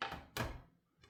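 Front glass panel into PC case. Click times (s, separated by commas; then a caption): 0.4 s. A front tempered glass panel, set on its bottom tabs, is tilted up and pushed onto a PC case. A short thunk at 0.0 s precedes a loud, solid pop at 0.4 s as it snaps into place, followed by a faint tap near 1.0 s. The panel is seated.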